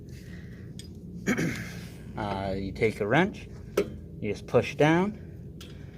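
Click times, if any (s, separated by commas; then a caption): 5.6 s. A tilt cable end fitting for a seating-chair tilt actuator is pushed down with a wrench onto the head of the actuator cylinder. Someone talks while a short click at 5.6 s marks the fitting snapping into place, seated.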